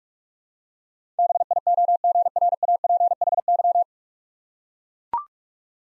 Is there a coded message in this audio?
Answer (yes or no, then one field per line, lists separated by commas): yes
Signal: Morse code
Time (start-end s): 1.2-3.8 s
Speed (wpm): 44 wpm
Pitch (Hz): 700 Hz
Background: none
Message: BIOGRAPHY